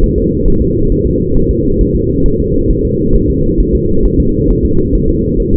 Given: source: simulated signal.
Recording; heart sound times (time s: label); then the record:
fetal heart sounds
0.04 s: S1
0.18 s: S2
0.48 s: S1
0.62 s: S2
0.92 s: S1
1.07 s: S2
1.37 s: S1
1.51 s: S2
1.81 s: S1
1.95 s: S2
2.26 s: S1
2.40 s: S2
2.71 s: S1
2.85 s: S2
3.16 s: S1
3.30 s: S2
3.60 s: S1
3.75 s: S2
4.05 s: S1
4.20 s: S2
4.50 s: S1
4.65 s: S2
4.95 s: S1
5.09 s: S2
5.40 s: S1
5.54 s: S2
From the record:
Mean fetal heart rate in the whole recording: 135 bpm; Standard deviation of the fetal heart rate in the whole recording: 3 bpm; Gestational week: 36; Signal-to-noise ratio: -16.4 dB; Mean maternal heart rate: 72 bpm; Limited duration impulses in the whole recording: present